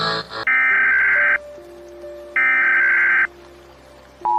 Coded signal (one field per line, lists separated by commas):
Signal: Emergency Alert System (SAME) tones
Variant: header bursts